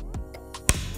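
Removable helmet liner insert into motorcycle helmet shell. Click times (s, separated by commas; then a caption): 0.7 s. A cleaned fabric and foam comfort liner is bent slightly and hooked back into a motorcycle helmet shell, with background music playing. Softer taps come at about 0.2 s and 0.6 s, then one sharp, short click stands out at 0.7 s as the liner snaps into place. The liner is seated.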